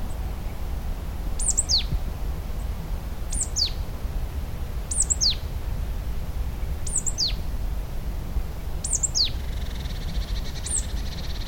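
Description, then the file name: Marsh tit giving repeated calls: short clusters of sharp, high notes that drop quickly in pitch, about every two seconds, over a steady low rumble. "Poecile palustris"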